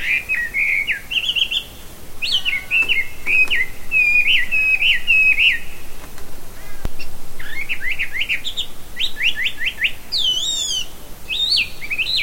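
Bird song: varied warbling whistled phrases with trills and quick chirp series, nearly continuous, with a sharp click midway.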